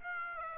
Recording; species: mosquito wingbeat signal from an infrared sensor; Aedes aegypti